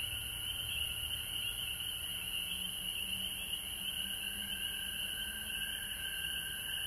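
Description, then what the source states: Frogs in a chorus, a steady shrill trilling band, constant and unbroken. Frogs recorded at home in Georgia on March 19, 2020.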